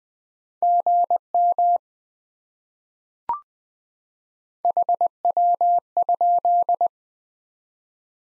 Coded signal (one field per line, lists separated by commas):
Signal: Morse code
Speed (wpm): 20 wpm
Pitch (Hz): 700 Hz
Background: none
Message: GM HW?